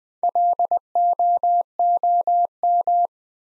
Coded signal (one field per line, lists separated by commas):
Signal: Morse code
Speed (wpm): 20 wpm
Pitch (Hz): 700 Hz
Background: none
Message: LOOM